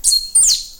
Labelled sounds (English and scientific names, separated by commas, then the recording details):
Stitchbird (Notiomystis cincta) song
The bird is a male
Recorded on Tiritiri Matangi Island, New Zealand, in 2005
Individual 16, of nest box 24